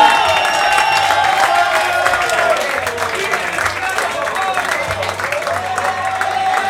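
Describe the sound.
Loud, dense applause from an audience, with cheering and whoops rising over the steady clapping; a crowd's mixed voices fill the sound throughout, holding roughly the same level to the end.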